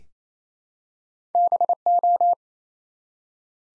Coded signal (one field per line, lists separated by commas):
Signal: Morse code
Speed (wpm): 27 wpm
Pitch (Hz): 700 Hz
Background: none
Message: BO